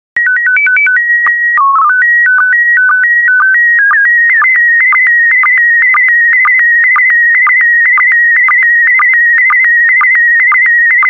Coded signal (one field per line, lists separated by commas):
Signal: SSTV (slow-scan television)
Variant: PD 120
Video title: 62023 Windsurfing SSTV PD120